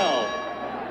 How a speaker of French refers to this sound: Tout est prêt pour le premier round. Le titre de champion du monde est en jeu et les boxeurs recevront chacun 5 millions de dollars. Ali est prêt, Foreman est prêt. Nous attendons la cloche.